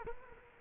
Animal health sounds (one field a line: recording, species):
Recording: mosquito wingbeat signal from an infrared sensor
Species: Culex quinquefasciatus